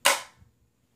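An unloaded Glock 19 pistol is pushed into an appendix inside-the-waistband kydex holster, and the retention snaps over the trigger guard with a single sharp, bright click at 0.1 s. The click fades over about a quarter second, followed by a faint tap near 0.4 s and then quiet. The pistol is seated and held in the holster.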